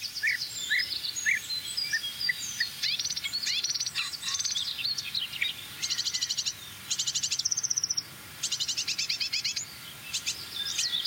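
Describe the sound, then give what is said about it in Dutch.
High-pitched chirps and tweets from young great tits, some short thin calls and some rapid buzzy trills in bursts, continuing steadily with no voices over a soft background hiss. “Ook weer jonge koolmeisjes.”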